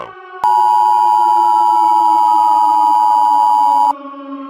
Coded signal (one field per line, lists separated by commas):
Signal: Emergency Alert System (SAME) tones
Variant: 853 and 960 Hz attention tone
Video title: The L I G H T S: EAS scenario ￼